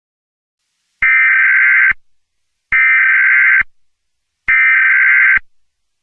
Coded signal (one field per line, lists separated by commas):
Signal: Emergency Alert System (SAME) tones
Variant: header bursts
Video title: The Great Serial Killer Spree: a serial killer EAS Scenario